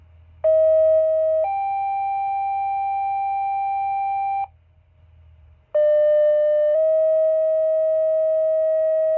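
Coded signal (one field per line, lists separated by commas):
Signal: two-tone page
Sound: two paging sequences, each a short steady tone then a longer tone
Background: low hum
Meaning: Tone-out activating fire department pagers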